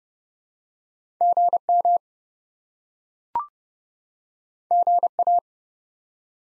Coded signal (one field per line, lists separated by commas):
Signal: Morse code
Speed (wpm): 30 wpm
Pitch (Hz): 700 Hz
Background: none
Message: GM GA